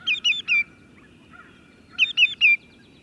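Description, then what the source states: Greater yellowlegs call: two bursts of three loud, clear, descending whistled notes, the bursts about two seconds apart, over quiet background. Wades in shallow water to capture small fish and insects.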